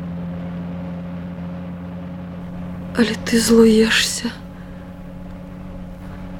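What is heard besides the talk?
car driving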